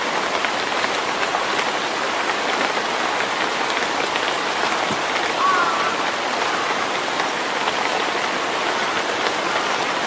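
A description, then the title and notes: Rain falls steadily in a forest in early summer, a dense, even hiss of countless drops with fine ticks of individual drops hitting surfaces throughout. The level barely changes across the ten seconds, and a brief faint chirp-like tone surfaces near the middle. Rainy days in the forest in early summer.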